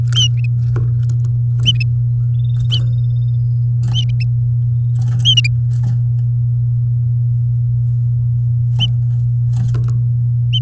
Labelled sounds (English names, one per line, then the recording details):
Domestic Canary song
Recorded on 8 May 2018 at 09:14
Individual llb16